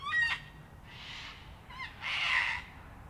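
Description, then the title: Sulphur-crested cockatoo giving harsh, grating screeches, a softer one then a louder drawn-out one, each preceded by a shorter, sharper call. Local cockatoos on a typical evening in Canberra, April 2020, during lockdown. "An Evening in Canberra (Feat. 500 Cockies)"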